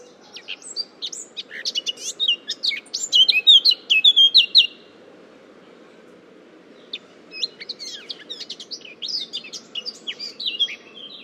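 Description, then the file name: Eurasian blackcap song: a burst of fast scratchy warbling rising into louder clear fluty notes, then after a pause of about two seconds a softer second burst of warbling, over a steady low hum. "Sylvia atricapilla"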